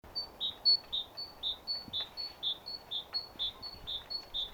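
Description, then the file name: Great tit calling in a steady repeated pattern, a high thin note then a slightly lower one, about four notes a second, over quiet background hiss. "Parus major"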